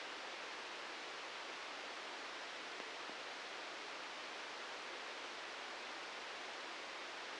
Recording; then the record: brain microelectrode recording played as sound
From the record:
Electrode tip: outside the subthalamic nucleus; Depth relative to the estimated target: 2 mm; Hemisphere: right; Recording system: NeuroSet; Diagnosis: Parkinson's disease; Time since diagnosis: 13 years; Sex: male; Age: 63 years